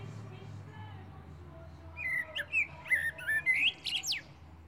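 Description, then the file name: Common blackbird singing a quick string of mellow warbled notes that ends in sharp, high squeaks, over a low steady hum. "Turdus merula"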